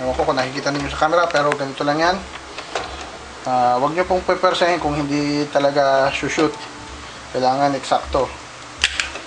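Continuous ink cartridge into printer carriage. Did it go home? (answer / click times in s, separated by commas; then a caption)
yes / 8.8 s. A continuous-ink-system cartridge is pushed into a printer carriage while someone talks, being careful not to force it unless it fits exactly. A sharp click at 8.8 s marks the cartridge seating and locking into the carriage.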